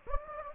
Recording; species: mosquito wingbeat signal from an infrared sensor; Anopheles gambiae